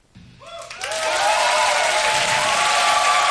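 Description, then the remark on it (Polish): An audience bursts into applause for a 72-year-old singer after his performance on stage. The applause swells within the first second and holds steady as a dense, loud wash of clapping, with a few faint tonal traces underneath and no talking. “Dlatego wielkie brawa dla artysty.”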